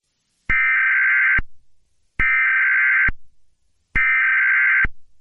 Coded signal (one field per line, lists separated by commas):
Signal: Emergency Alert System (SAME) tones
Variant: header bursts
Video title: RobotBoy: EAS Scenario (Retake) Part 2